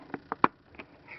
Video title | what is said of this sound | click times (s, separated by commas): PocketBook 360 Digital Text Reader | pops right off | 0.4 s